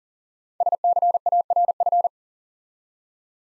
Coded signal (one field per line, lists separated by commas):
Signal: Morse code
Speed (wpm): 40 wpm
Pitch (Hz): 700 Hz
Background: none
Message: SCARF